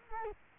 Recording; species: mosquito wingbeat signal from an infrared sensor; Culex quinquefasciatus